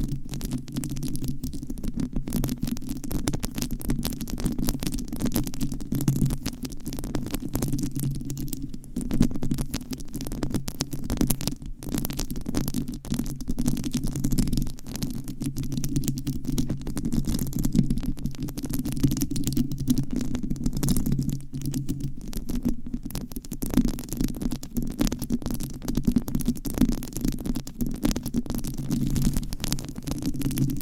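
Scratching, tapping and massage sounds form a dense, unbroken stream of quick scratchy strokes and light taps across the whole clip. A steady low rumbling hum sits underneath. The level stays fairly even, with brief dips and small bursts scattered throughout.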